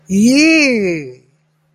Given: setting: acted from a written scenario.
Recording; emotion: vocal sound without words; triumph